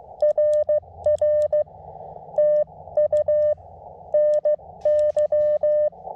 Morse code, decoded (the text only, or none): RR TU NY